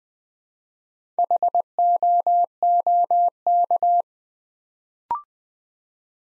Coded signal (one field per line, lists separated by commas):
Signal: Morse code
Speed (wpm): 20 wpm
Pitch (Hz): 700 Hz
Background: none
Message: HOOK